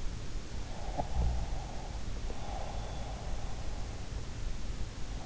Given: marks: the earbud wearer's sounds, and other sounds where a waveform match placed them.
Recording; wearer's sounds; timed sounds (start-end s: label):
sounds in sleep by an in-ear microphone; breath
0.89-3.77 s: breath